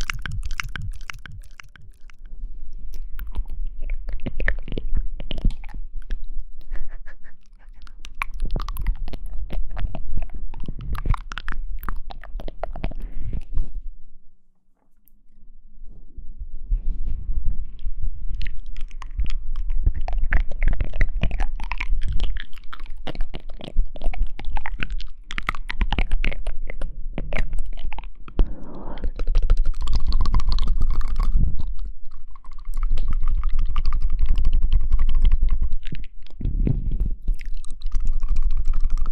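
Mouth sounds: a dense stream of wet clicks, smacks and crunchy chewing-like noises runs nearly throughout, with a low rumble underneath. The sounds pause briefly around 14–15 seconds, then resume just as busily, with some brighter squeaky smacks near 30 seconds.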